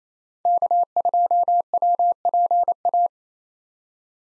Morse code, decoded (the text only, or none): K2WPA